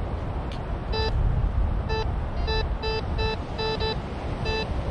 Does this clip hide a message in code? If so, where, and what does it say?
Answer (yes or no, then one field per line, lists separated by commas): no